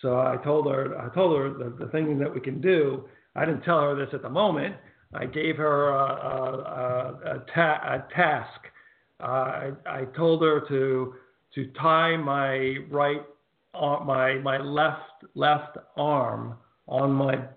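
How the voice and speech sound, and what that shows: An adult man speaks in short runs broken by long pauses, with stretched sounds, repeated words ('my my', 'left left') and a right-for-left slip that he corrects. These word-finding hesitations fit mild residual aphasia after a stroke that also paralyzed his right side; he attended a school for aphasia and still struggles with word finding.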